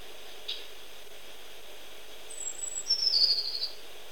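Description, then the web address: Tit calls: a brief, thin, high twittering run of rapid notes sliding slightly downward, preceded by a single faint high tick in an otherwise quiet background. Recorded in Portugal. "Aves de Portugal Sons Chapim"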